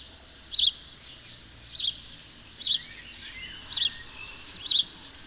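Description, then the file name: House sparrow chirps, several clipped double-note calls at short intervals, with faint softer chirping between them. "Passer domesticus"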